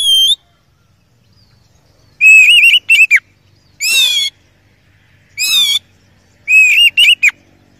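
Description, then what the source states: Oriental magpie-robin song: loud, clear whistled phrases with wavering and rising notes, given in short bursts separated by pauses. Indonesian songbird training (masteran) recording of an oriental magpie-robin, described as a first-place champion.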